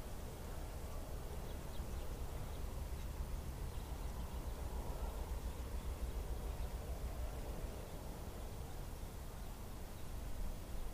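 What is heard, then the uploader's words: Wind blows through a small Midwest town in a steady, dense rush that hardly changes over the whole stretch. The sound is heaviest in a deep low rumble, with a softer hiss above it and faint flickers of higher sound scattered throughout. On today's episode we enjoy a binaural recording of winds in a small Mid West town.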